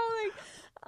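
A brief, high, whining tone that slides downward, then faint noise: an audible stomach growl, a normal gut sound.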